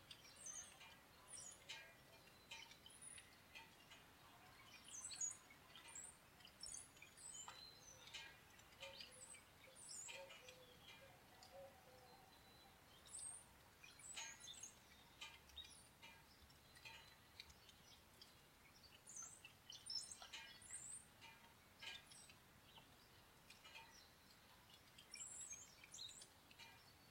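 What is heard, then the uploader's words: Birds chirp steadily with quick, bright high calls scattered through the whole half minute, clustering around 1–3, 6–8, 13–15 and 19–21 seconds. Rain patters underneath as a soft, continuous hiss with irregular light drips, with a faint low rumble below. Birds and Rain, sounds of Nature.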